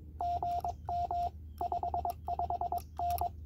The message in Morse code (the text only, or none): GM 55N